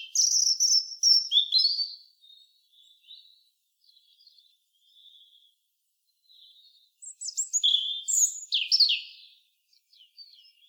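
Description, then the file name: European robin singing two high, sparkling phrases several seconds apart, with quiet, thin warbled notes filling the gap and trailing after the second burst. "Erithacus rubecula"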